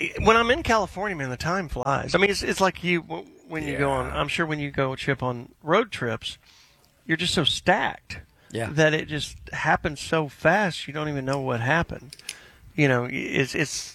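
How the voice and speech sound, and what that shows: One adult man talks in a relaxed, conversational way with brief pauses between phrases. His voice is clear and of medium pitch, and his speech flows fluently at an ordinary rate. This is ordinary spoken speech from a talk radio broadcast.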